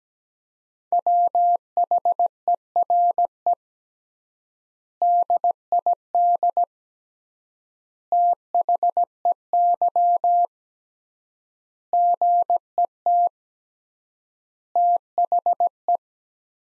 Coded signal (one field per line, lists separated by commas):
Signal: Morse code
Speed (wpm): 17 wpm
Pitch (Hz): 700 Hz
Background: none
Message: WHERE DID THEY GET THE